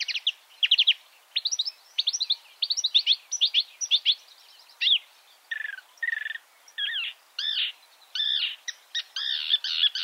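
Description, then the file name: Marsh warbler song, quick clicking chirps followed by slurred notes and harsher phrases, varied and lively. "suara-kicauan-burung-marsh-warbler -omkicau"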